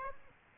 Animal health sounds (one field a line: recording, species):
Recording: mosquito wingbeat signal from an infrared sensor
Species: Aedes aegypti